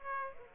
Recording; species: mosquito wingbeat signal from an infrared sensor; Aedes aegypti